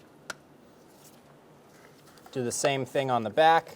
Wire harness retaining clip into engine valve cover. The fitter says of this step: push straight down it'll click into place lift up on it make sure it doesn't pop out